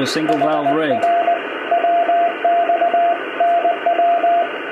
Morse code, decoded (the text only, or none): HR WX NW